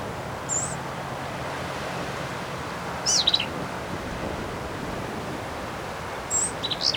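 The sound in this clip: Black-capped vireo song: brief, high, jumbled warbled phrases about every three seconds against a soft hiss of background noise.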